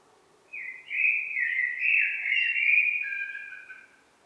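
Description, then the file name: Common blackbird song: a flowing, melodious run of whistled notes, slightly dropping in pitch toward the end. "Turdus merula"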